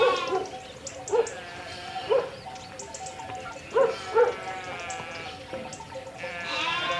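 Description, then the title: Sheep bleating: several short, low bleats at irregular intervals, then a higher, wavering bleat near the end. Lambs at a farmhouse (cortijo). "corderos y cortijo"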